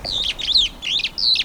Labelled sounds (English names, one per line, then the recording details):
Superb Starling flight call
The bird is a male
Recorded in Kenya on 28 April 2009 at 07:45
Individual 17, of group CF2